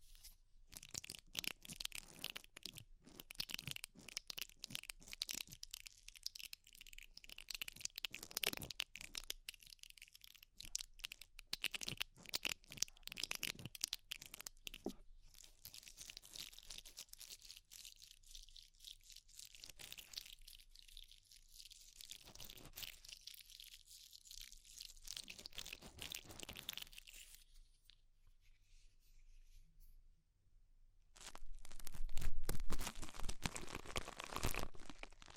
Ear Cleaning Rhinestone & Clay Removal